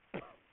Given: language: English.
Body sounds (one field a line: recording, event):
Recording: throat vibration sensor signal played as sound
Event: cough